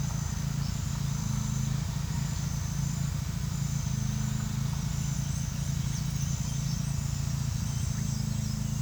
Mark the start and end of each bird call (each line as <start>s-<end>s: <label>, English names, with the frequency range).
0.48s-0.73s: Yellow-rumped Cacique (4.1-6.7 kHz)
4.96s-8.61s: Yellow-rumped Cacique (4.2-11.8 kHz)